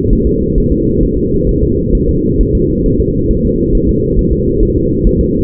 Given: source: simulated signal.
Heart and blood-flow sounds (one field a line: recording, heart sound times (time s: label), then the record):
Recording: fetal heart sounds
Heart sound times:
0.13 s: S1
0.27 s: S2
0.58 s: S1
0.72 s: S2
1.03 s: S1
1.18 s: S2
1.49 s: S1
1.63 s: S2
1.95 s: S1
2.09 s: S2
2.41 s: S1
2.55 s: S2
2.86 s: S1
3.00 s: S2
3.31 s: S1
3.45 s: S2
3.75 s: S1
3.89 s: S2
4.19 s: S1
4.33 s: S2
4.63 s: S1
4.77 s: S2
5.07 s: S1
5.21 s: S2
From the record:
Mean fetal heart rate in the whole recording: 135 bpm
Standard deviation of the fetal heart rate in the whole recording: 3 bpm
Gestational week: 36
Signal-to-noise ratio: -10.2 dB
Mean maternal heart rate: 72 bpm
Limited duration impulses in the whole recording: present